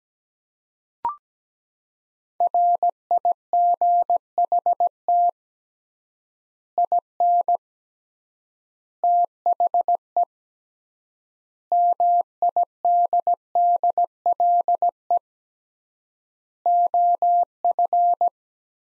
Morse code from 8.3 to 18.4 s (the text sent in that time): THE MIDDLE OF